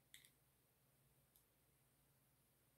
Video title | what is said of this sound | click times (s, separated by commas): Random Build Reviews: Voltron Minipla - Part 9: Building Black Lion - Part 2/2 | It's not clicking in all the way. I wonder why. | none